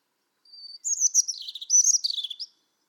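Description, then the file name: European robin singing a phrase that opens with a thin, steady high whistle, then breaks into quick, sweet, trilling and warbling notes that shift in pitch. "Erithacus rubecula"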